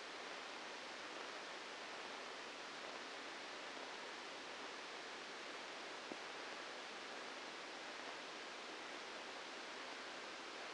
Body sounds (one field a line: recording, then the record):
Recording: brain microelectrode recording played as sound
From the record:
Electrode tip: inside the subthalamic nucleus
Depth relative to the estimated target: -1 mm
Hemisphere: left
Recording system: NeuroSet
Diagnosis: Parkinson's disease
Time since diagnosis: 8 years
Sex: male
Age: 59 years